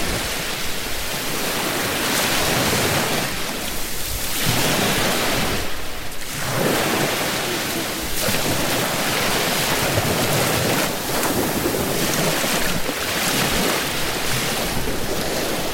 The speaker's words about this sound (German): Es ist noch sehr früh und ganz wenig Leute hier. Das Meer ist noch gar nicht so wild, aber ich hoffe, man hat es deutlich genug gehört.